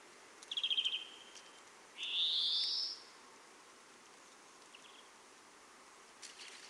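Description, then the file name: European greenfinch: a brief rippling trill, then a strong rising buzzy wheeze, followed by a faint short trill and quiet background noise. "Chloris chloris"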